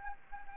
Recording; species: mosquito wingbeat signal from an infrared sensor; Anopheles gambiae